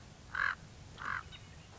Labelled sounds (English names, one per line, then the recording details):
Common Raven
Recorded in Sonoma County, California